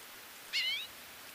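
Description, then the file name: Common redpoll giving a single rising, twangy call note, brief and high-pitched against soft hiss. "Common Redpoll - Acanthis flammea"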